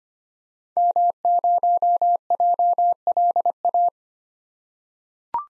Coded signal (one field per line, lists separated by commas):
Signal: Morse code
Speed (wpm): 25 wpm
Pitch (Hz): 700 Hz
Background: none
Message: M0JLA